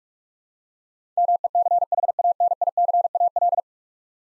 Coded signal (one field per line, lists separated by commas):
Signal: Morse code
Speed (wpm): 46 wpm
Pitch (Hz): 700 Hz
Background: none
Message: MECHANICAL